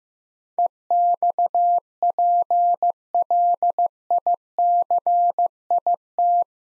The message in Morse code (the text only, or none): EXPLICIT